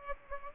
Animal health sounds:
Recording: mosquito wingbeat signal from an infrared sensor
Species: Aedes aegypti

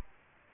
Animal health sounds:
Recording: mosquito wingbeat signal from an infrared sensor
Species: Aedes albopictus

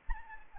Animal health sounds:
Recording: mosquito wingbeat signal from an infrared sensor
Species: Anopheles arabiensis

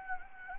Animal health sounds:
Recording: mosquito wingbeat signal from an infrared sensor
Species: Anopheles gambiae

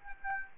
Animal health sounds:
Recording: mosquito wingbeat signal from an infrared sensor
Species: Aedes aegypti

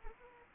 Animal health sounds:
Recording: mosquito wingbeat signal from an infrared sensor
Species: Anopheles arabiensis

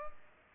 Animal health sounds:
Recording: mosquito wingbeat signal from an infrared sensor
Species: Culex pipiens

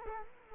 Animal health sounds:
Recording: mosquito wingbeat signal from an infrared sensor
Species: Culex quinquefasciatus

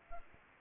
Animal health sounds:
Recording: mosquito wingbeat signal from an infrared sensor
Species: Aedes aegypti

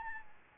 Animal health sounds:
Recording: mosquito wingbeat signal from an infrared sensor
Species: Anopheles arabiensis

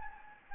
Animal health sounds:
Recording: mosquito wingbeat signal from an infrared sensor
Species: Anopheles gambiae

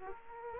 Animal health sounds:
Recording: mosquito wingbeat signal from an infrared sensor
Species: Aedes aegypti

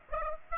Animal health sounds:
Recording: mosquito wingbeat signal from an infrared sensor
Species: Aedes aegypti

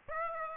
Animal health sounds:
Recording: mosquito wingbeat signal from an infrared sensor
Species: Aedes aegypti

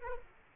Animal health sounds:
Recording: mosquito wingbeat signal from an infrared sensor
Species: Aedes aegypti

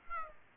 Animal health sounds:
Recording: mosquito wingbeat signal from an infrared sensor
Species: Aedes aegypti

